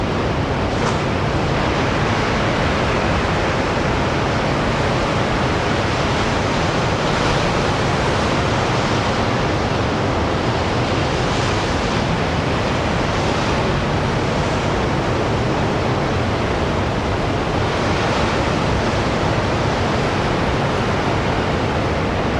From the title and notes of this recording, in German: Rauschende Ozeanwellen vom Klippenrand. Den rauen Klippen von Orkney, am äußersten Zipfel Schottlands, wo der Atlantische Ozean eindrucksvoll gegen die uralte Küstenlinie prallt.